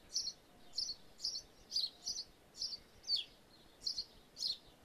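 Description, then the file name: Birds give short, high, scratchy chirps, around nine in all, against a quiet background. Birds feeding in a roof space; stereo recording. "ambience birds in roof space feeding"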